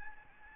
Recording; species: mosquito wingbeat signal from an infrared sensor; Aedes albopictus